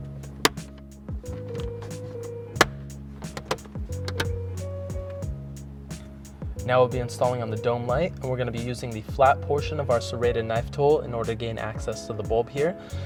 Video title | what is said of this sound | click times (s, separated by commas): How To Install Hyundai Elantra Hatch LED Interior - 6th Gen - 2015-2020 | And then once those are in place, just apply some pressure on these 2 inner tabs until they snap into place. | 0.4 s, 2.6 s